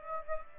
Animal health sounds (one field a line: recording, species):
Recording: mosquito wingbeat signal from an infrared sensor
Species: Aedes aegypti